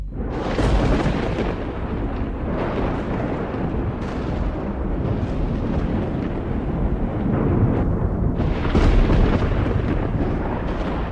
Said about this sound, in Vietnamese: Chỉ thấy trên bầu trời vốn dĩ đã mưa gió vần vũ, nay lại nổi lên những tia sấm chớp đùng đùng. Những tia chớp sáng rực cả bầu trời kèm theo âm thanh sấm nổ đinh tai nhức óc.